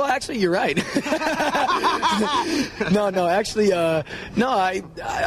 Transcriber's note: laughs